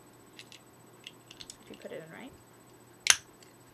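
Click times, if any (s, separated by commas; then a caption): 3.1 s. While depotting an eyeshadow, the plastic inner insert is pushed back into the compact pot, with a few faint ticks and someone talking as it is handled. A sharp, loud click at 3.1 s marks the insert seating back into the pot.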